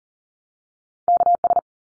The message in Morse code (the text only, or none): KS